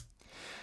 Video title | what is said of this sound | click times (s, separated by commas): Monta Oceanking 4K Watch Review | and i like the positive click | 0.1 s, 0.2 s